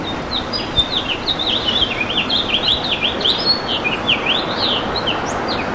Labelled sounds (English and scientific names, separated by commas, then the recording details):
House Finch (Haemorhous mexicanus) song
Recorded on Long Island, New York, on 7 June 2012
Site GP
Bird A